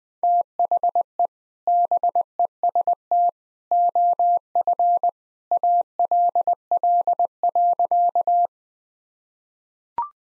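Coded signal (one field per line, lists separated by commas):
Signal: Morse code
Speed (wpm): 19 wpm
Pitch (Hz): 700 Hz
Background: none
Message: THE BEST OF ALL.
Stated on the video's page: Morse sentence practice at 20 wpm; each sentence sent, spoken, then sent again.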